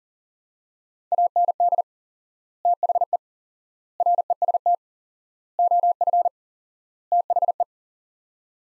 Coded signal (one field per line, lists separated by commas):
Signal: Morse code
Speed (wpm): 40 wpm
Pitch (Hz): 700 Hz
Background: none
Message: AND THE REST OF THE